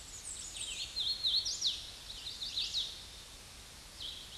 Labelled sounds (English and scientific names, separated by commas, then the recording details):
Hooded Warbler (Setophaga citrina) song
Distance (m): 35 m
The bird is about level with the microphone
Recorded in a Pennsylvania forest on 16 May 2024 at 08:17
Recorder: AudioMoth, point MSD-2456
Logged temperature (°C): 16.4 °C
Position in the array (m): 167 m, 125 m